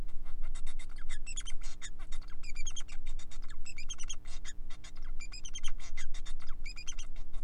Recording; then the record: song of a male Bengalese finch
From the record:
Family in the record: son of father 4